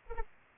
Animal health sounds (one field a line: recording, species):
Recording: mosquito wingbeat signal from an infrared sensor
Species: Anopheles arabiensis